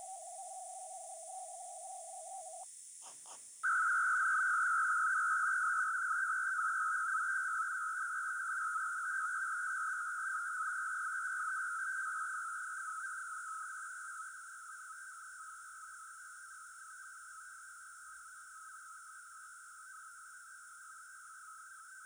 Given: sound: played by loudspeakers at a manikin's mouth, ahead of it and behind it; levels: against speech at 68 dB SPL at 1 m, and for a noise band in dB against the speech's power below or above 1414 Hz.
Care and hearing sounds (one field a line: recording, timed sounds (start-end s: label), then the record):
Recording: test signals for a remote microphone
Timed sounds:
0.00-2.63 s: noise band at 707 Hz, as loud as that band is in speech
3.63-22.06 s: noise band at 1414 Hz, as loud as that band is in speech
From the record:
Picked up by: remote microphone B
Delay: 24 ms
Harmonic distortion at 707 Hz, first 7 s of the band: under -29 dB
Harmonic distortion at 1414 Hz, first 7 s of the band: under -43 dB